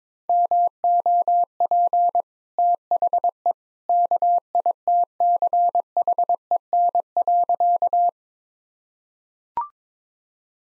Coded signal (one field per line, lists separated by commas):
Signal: Morse code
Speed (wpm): 22 wpm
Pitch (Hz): 700 Hz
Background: none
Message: MOP THE KITCHEN.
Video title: Easy Sentences with Hints - 22wpm